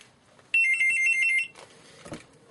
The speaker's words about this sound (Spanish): Ahí están llamando por teléfono.